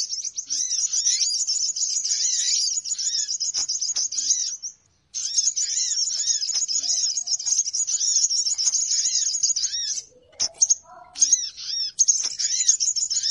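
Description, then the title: Birds in a near-constant shrill twittering chorus, fast overlapping chirps with arched notes beneath, a short pause and a few lower notes later on. Lure sound played to attract birds; title says many noisy birds gather close as soon as it is played. "Suara Pikat Burung Ribut"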